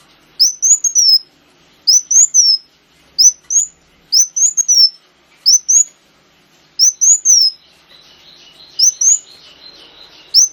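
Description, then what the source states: Sunbird song: brief high, rising-and-falling whistled phrases repeated about every one and a half seconds, joined later by a faint, buzzy, wavering trill. Sunbird known locally as kolibri wulung, used as a lure (pancingan).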